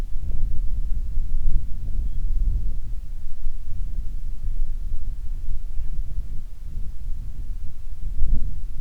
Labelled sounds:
songbird, wind

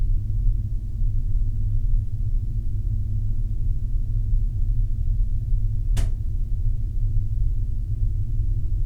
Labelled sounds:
machinery, flare stack

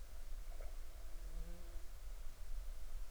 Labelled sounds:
bird, insects

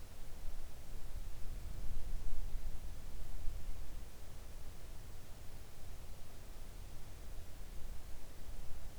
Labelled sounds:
near silence

